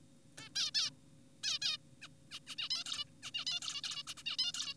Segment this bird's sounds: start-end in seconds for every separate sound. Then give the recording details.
0.38-0.49, 0.56-0.71, 0.75-0.90, 1.44-1.59, 1.62-1.77, 2.02-2.08, 2.31-2.39, 2.47-2.56, 2.58-2.69, 2.71-2.84, 2.86-3.04, 3.23-3.31, 3.35-3.45, 3.47-3.60, 3.62-3.81, 3.84-4.03, 4.07-4.14, 4.17-4.23, 4.26-4.37, 4.39-4.52, 4.54-4.74. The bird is an adult. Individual g4p5U